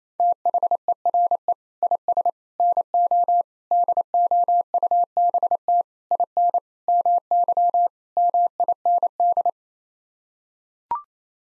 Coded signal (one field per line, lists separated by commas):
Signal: Morse code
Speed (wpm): 28 wpm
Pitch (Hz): 700 Hz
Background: none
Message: THERE IS NO DOUBT IN MY MIND